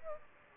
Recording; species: mosquito wingbeat signal from an infrared sensor; Aedes aegypti